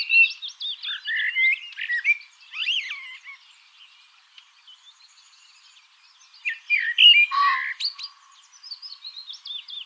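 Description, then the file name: Common blackbird song: varied fluty notes and chuckling twitters, a quieter stretch, then another rich phrase ending in high squeaks. "Turdus merula"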